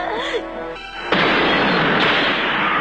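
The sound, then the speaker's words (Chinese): After a second of faint voice-like tones, a sudden loud explosion bursts in and turns into a sustained, harsh roar of noise that continues steadily to the end. “机灵的珍妮在爆炸时躲在沙发底下才幸免于死。”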